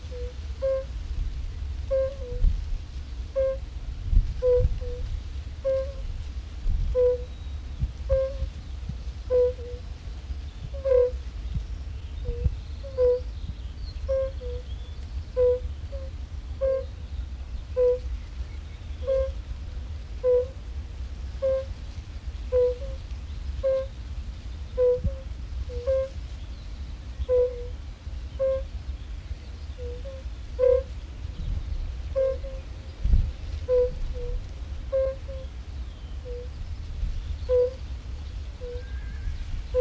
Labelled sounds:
Fire-Bellied Toad call

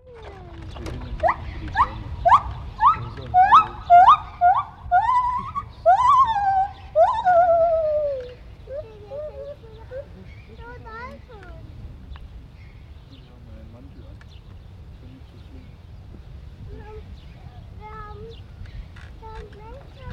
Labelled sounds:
Lar Gibbon

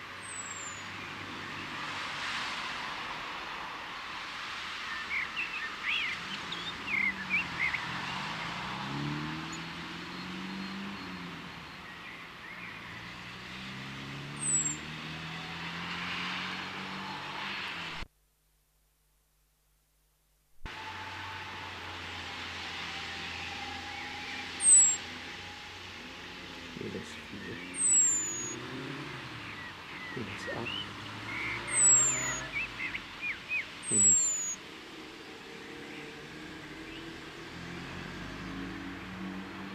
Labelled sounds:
Common Blackbird

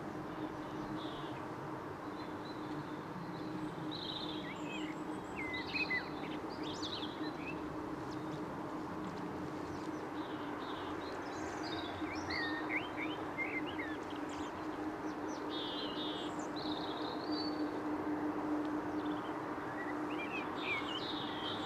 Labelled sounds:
Common Blackbird song

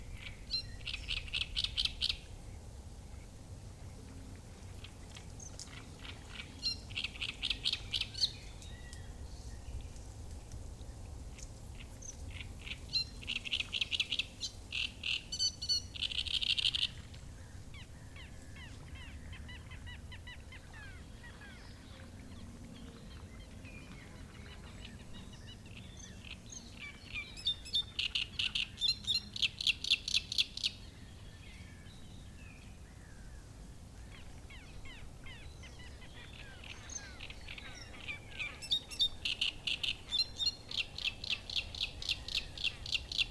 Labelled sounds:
Great Reed Warbler

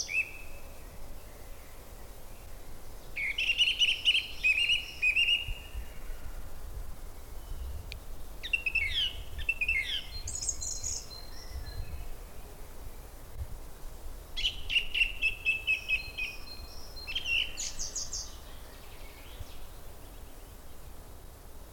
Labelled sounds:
Song Thrush

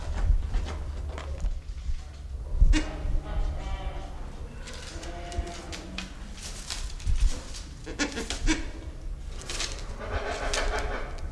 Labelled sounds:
Silvery-cheeked Hornbill

